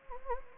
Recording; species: mosquito wingbeat signal from an infrared sensor; Anopheles gambiae